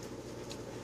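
A SO-DIMM memory module being pressed down evenly into the memory slot on the motherboard of a Dell Inspiron 15 3531 laptop gives a short, bright click at 0.5 s over a steady low hum. The module clicks into the retaining clips and is seated firmly.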